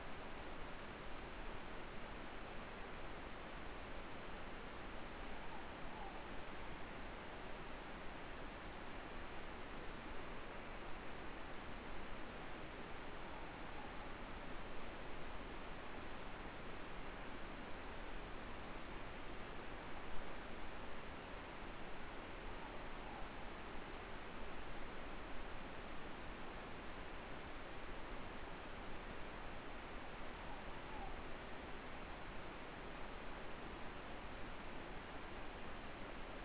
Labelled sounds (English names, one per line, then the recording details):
Morepork more-pork call
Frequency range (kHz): Morepork 0.6-1.1 kHz
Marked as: faintness 4/5, faintness 5/5
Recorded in New Zealand
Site Eglinton